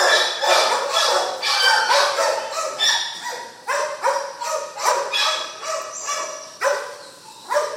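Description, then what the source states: Dog barks from more than one animal, sharp and repeated roughly twice a second, some higher yips mixed among deeper barks. Dogs at a kennel.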